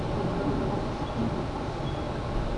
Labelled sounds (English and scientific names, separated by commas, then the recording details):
none
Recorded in Germany
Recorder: ecoPi